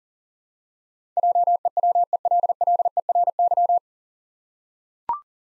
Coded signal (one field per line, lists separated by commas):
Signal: Morse code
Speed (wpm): 40 wpm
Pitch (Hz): 700 Hz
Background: none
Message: JEWELLERY